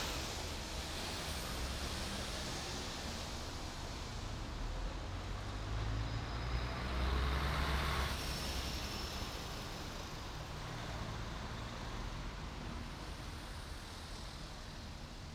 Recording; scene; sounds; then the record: everyday scene through a hearing-aid microphone; in traffic; traffic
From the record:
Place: main city hub, rush hour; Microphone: in the ear canal, right